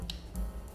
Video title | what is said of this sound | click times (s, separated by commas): Adapter Converter K&F Concept Lensa Nikon G to Sony Alfa | jarum jam setelah bunyi klik yang itu udah terpasang | 0.1 s